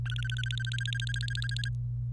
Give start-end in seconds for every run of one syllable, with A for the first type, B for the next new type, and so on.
0.05-1.69 A